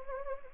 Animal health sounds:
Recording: mosquito wingbeat signal from an infrared sensor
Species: Anopheles gambiae

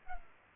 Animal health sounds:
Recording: mosquito wingbeat signal from an infrared sensor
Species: Culex pipiens

